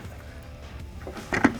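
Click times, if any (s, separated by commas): 1.3 s, 1.4 s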